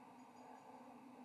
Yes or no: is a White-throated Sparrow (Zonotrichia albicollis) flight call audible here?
no